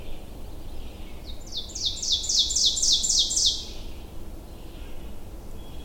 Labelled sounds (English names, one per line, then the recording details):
Ovenbird song
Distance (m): 10 m
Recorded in boreal forest in Alberta, Canada, on 22 June 2016 at 08:51
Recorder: SongMeter 3, array SBT-6-76
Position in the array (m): 154 m, 117 m
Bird 3